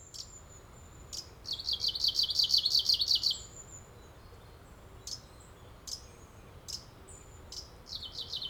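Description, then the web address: Kamchatka leaf warbler song: a fast buzzy trill of about two seconds, followed by a few sharp high notes and short bursts, with steady background hiss. "bird song oomusikui"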